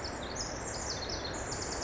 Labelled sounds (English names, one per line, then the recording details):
Pacific Wren
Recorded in Sonoma County, California